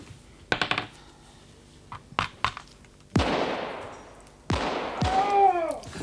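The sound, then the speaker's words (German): Gunshots outside: a few sharp cracks, then two loud, booming shots with long rumbling tails and a final burst, irregularly spaced with no one speaking. “Das waren Schüsse.”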